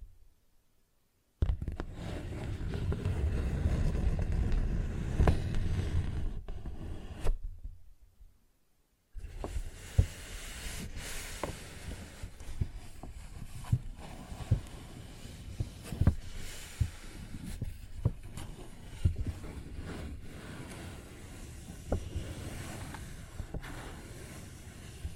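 Paper bag sounds: a rough rustling burst fades out by eight seconds, then after silence come scattered taps and scratches through the end.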